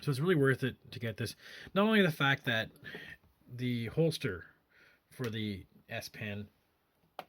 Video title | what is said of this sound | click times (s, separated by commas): Samsung Galaxy Tab S4 review | sits right there, and it snaps into place. | 7.2 s